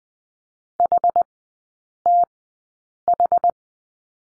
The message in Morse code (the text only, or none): HTH